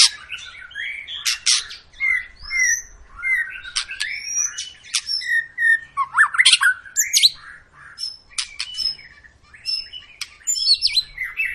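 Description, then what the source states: White-rumped shama song: a varied, rich stream of whistles, chirps and harsh squawky notes. Long, lively singing used as a lure recording to make other birds sing.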